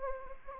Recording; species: mosquito wingbeat signal from an infrared sensor; Anopheles gambiae